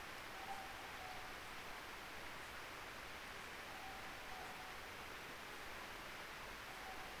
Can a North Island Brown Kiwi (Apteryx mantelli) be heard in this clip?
no